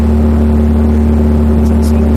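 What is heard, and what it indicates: Steady low droning hum with faint higher tones, a simulated low-pitched tinnitus sound played through an amplifier speaker.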